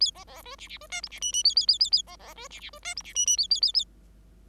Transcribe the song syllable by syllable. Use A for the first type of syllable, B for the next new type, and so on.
A B B C D D C E F D G G A A A A A B B C D D C E F D G G A A A A